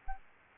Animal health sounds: mosquito wingbeat signal from an infrared sensor; Aedes albopictus

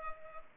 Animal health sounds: mosquito wingbeat signal from an infrared sensor; Culex pipiens

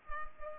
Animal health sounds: mosquito wingbeat signal from an infrared sensor; Culex pipiens

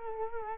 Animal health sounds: mosquito wingbeat signal from an infrared sensor; Culex quinquefasciatus

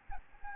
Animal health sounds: mosquito wingbeat signal from an infrared sensor; Aedes albopictus

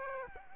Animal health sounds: mosquito wingbeat signal from an infrared sensor; Aedes aegypti

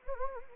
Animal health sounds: mosquito wingbeat signal from an infrared sensor; Anopheles arabiensis

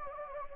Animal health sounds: mosquito wingbeat signal from an infrared sensor; Anopheles gambiae

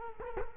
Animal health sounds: mosquito wingbeat signal from an infrared sensor; Culex quinquefasciatus

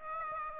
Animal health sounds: mosquito wingbeat signal from an infrared sensor; Aedes aegypti

